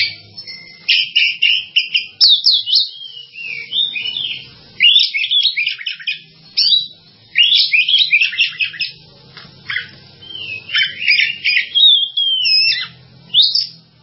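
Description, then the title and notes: Bird pouring out lively, varied song: dense chattering phrases, clipped chirps and slurred whistles in repeated bursts with short gaps. "Bird Sound. Kicau Burung Lengkap"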